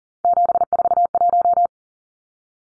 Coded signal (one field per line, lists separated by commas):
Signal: Morse code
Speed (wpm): 40 wpm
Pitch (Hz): 700 Hz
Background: none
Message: 741